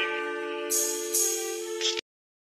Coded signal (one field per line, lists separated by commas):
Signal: telephone call progress tone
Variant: North America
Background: music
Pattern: dial tone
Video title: MIXTAPE MADNESS RADIO SHOW // SPECIAL GUEST- KLOOFTH //